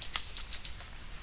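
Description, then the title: Bird song fragment: a quick series of four piercing high chirps that fade into a thin trailing whistle. "LuckyPassaro Completos2Sama"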